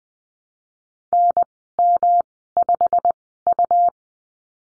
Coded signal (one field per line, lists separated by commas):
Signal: Morse code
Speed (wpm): 20 wpm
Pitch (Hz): 700 Hz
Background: none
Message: NM5U